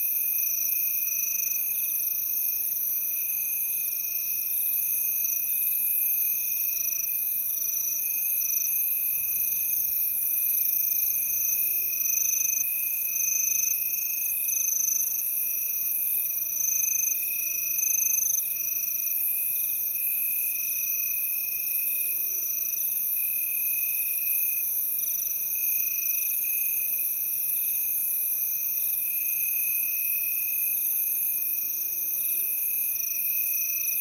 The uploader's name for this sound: In the quiet summer, only the sound of crickets is heard